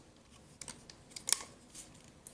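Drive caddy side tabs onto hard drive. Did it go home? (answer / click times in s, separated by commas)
yes / 1.3 s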